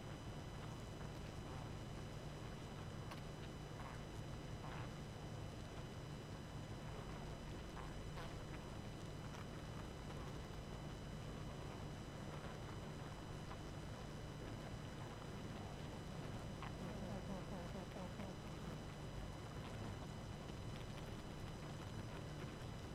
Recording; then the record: honeybee colony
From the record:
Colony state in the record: active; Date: 12 June 2018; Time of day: 22:44